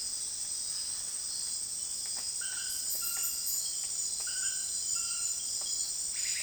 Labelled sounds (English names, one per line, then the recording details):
none
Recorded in dense forest near Puerto Asís, Putumayo, Colombia, on 29 June 2025 at 18:30
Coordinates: 0.484, -76.325
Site H65